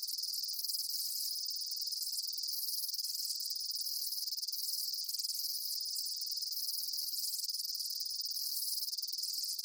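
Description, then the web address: Insect chorus of high, continuous buzzing chirps, with faint lower pulses recurring; no other sounds stand out. Daytime insect ambience, bugs chirping outdoors. "Blastwave INSECTS Amb Day Insects. ambience insects chirps day bugs"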